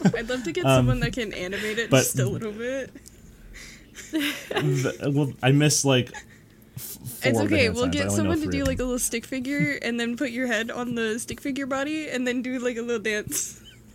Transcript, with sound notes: I'd love to get someone that can animate it and still a little bit. (laughing)
I miss like--
It's okay, we'll get someone to do like a little stick figure and then put your head on the stick figure body and then do like a little dance.